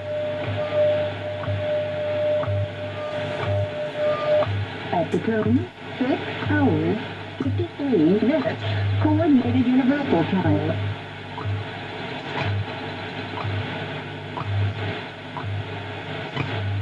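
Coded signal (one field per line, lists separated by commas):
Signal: radio time signal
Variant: WWVH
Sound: steady tone and once-a-second low pulses, then a spoken announcement through static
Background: radio static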